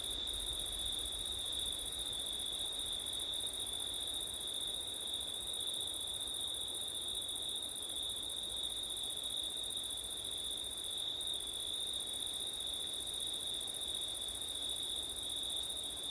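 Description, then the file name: Cricket song as two steady, sustained high trills layered together, the upper one pausing briefly a few times, with gentle wind rumbling low. Crickets recorded on a September night with wind. "crickets wind september night ortif"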